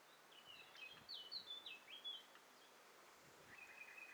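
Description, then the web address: Bird calls from several birds: short chirps and quick downslurred notes, with a few brief whistled phrases and a buzzy trill near the end over soft background hiss. Mixture of several birds, in stereo, from a bird cocktail party challenge test set. "Hi Fi STEREO BIRD COCKTAIL PARTY Challenge"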